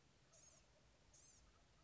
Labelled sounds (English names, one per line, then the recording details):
Blue-gray Gnatcatcher
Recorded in Sonoma County, California